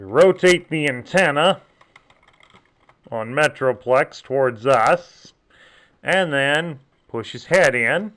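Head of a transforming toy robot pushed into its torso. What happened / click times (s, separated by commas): Handled, not yet home: the toy robot head has not clicked into place / none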